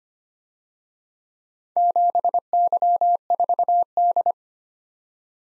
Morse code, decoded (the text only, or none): 7Y4D